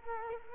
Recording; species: mosquito wingbeat signal from an infrared sensor; Culex quinquefasciatus